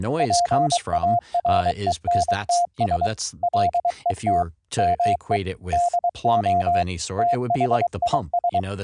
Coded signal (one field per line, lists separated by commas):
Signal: Morse code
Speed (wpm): 23 wpm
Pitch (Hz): 700 Hz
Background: speech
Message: PARENTS LET ME DO THIS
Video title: Python APP for a VLF 12Khz AM modulated Transmitter & Receiver - VOICE & CW over iP - Live DEMO